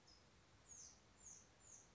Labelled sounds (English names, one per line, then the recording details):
California Towhee
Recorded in Sonoma County, California